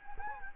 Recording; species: mosquito wingbeat signal from an infrared sensor; Anopheles gambiae